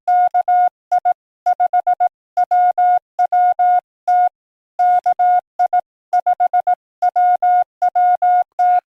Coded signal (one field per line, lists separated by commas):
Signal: Morse code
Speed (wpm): 18 wpm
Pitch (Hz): 720 Hz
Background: none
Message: KI5WWT KI5WWT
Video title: Saturday Morning Pota Hunt 4-4-2026